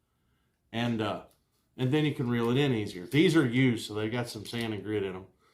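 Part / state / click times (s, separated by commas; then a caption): release arm into its groove on a fishing diving planer / not seated / none. A man talks while handling the release arm of a used fishing diving planer, which has some sand and grit in it. The arm is being reset into the small groove it sits in during normal running. The clip ends before the part goes home, so nothing has seated or clicked yet.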